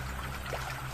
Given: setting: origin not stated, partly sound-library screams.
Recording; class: one-second piece from a danger detection set; normal situation